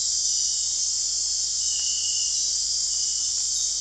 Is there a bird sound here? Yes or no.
no